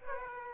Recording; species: mosquito wingbeat signal from an infrared sensor; Aedes aegypti